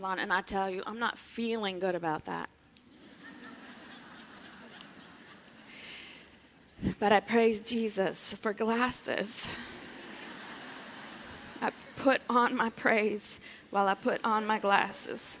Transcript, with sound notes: And I tell you I'm not feeling good about that. But I praise Jesus for glasses. (laughter) I put on my praise while I put on my glasses.